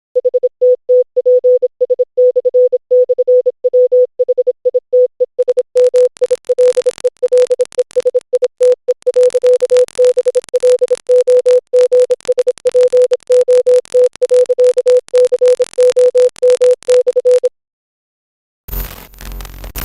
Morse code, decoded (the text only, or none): HTTPS//WHITESMILELESITE.BLOGSPOT.COM/